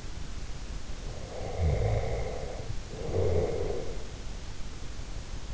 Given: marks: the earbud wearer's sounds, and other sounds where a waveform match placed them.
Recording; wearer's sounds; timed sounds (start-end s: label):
sounds in sleep by an in-ear microphone; snoring breath
0.99-4.31 s: snoring breath